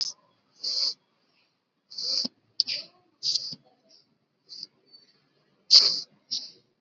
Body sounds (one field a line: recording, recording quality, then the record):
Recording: shallow breathing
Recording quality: excellent, no background noise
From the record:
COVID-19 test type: RT-PCR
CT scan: not taken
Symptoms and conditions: none ticked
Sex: female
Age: 18 years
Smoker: no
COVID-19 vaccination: both doses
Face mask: worn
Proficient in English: yes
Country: India